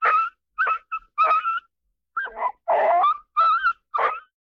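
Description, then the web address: Dog yelping: a string of about eight sharp, high, strained yelps and cries, some wavering, in quick irregular succession with short gaps between them. Medium-sized dog giving painful yelps. "Sound Ideas, DOG - MEDIUM DOG PAINFUL YELPS"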